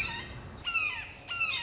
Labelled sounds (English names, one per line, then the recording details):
Red-shouldered Hawk
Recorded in Sonoma County, California